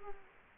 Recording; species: mosquito wingbeat signal from an infrared sensor; Culex quinquefasciatus